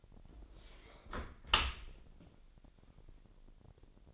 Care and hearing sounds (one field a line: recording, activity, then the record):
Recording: daily activity, microphone in the room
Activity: close dishwasher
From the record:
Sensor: 5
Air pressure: 1000.7 hPa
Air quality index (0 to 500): 248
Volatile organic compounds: 34 ppm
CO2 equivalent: 3047 ppm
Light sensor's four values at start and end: 31/71/28/27 and 31/71/28/26